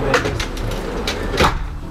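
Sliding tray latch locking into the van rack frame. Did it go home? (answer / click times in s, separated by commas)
yes / 0.1 s, 0.4 s, 1.1 s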